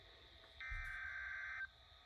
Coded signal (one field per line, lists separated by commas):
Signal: Emergency Alert System (SAME) tones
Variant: header bursts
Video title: EAS #8: Severe Thunderstorm Watch 66 (04/01/2024)